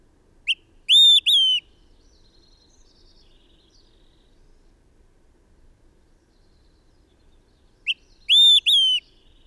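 Bird song with a short note and two long whistles, heard twice about seven seconds apart, faint twittering notes between the phrases.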